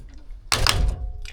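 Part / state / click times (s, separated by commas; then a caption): cargo box mounting clamp knob on roof rack crossbar / torque reached / 0.5 s. The torque-limiting knob on a Thule cartop carrier's mounting clamp is turned around the roof rack crossbar until it clicks. A sharp click sounds at 0.5 s, followed by a softer rattle and a faint tap near the end. The click marks the torque limit, and the clamp is confirmed tight.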